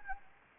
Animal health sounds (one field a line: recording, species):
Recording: mosquito wingbeat signal from an infrared sensor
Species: Anopheles gambiae